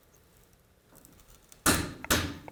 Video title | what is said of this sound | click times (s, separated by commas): DIY Remington 700 Barrel Upgrade - Carbon Barrel Install - Ep.1 - SMART Tips & Tricks | Got the click of the torque wrench. | 2.0 s